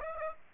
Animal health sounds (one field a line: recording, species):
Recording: mosquito wingbeat signal from an infrared sensor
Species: Aedes aegypti